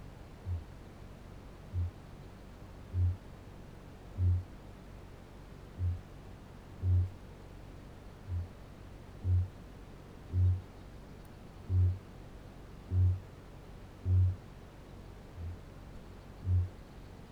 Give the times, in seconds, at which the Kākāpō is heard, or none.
0.26-6.25, 6.68-14.34, 15.03-16.91